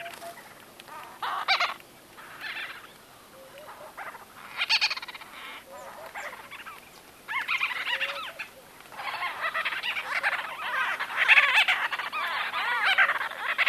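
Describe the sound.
White-fronted bee-eater calls in scattered bursts of rough, rolling notes, quieter gaps between them, becoming a busier overlapping chatter toward the end.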